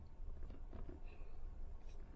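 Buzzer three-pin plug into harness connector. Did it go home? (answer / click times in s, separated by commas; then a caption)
no / none. A three-pin plastic buzzer plug is pushed into the only other three-pin male plug on the harness, with a steady low rumble and faint handling noise throughout. The connector has not clicked or seated yet, so its orientation needs checking.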